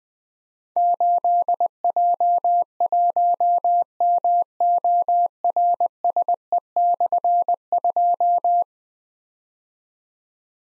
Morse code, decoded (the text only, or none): 8J1MORSE/2